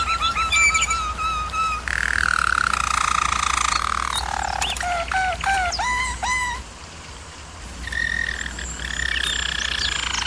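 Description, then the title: German Roller canary song: a steady roll, then a rolled trill gliding downward, a burst of sweeping notes, a short pause, and a steady rolling phrase. German Roller canary singing, used for canary training. "German Roller Canary Singing - Canary Training Vid"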